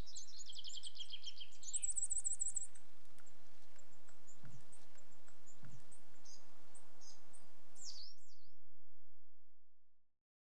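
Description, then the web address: Coal tit display sounds, a fast high trill and rapid repeated notes at the start, then scattered thin calls, a couple of low thumps, fading to silence. Two pairs of coal tits displaying. "BBC Sound Effects Library BBC - Birds Coal Tits, Two Pairs Displaying"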